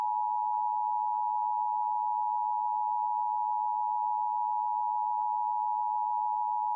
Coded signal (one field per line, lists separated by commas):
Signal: Emergency Alert System (SAME) tones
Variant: 853 and 960 Hz attention tone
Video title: CBS Emergency Alert System test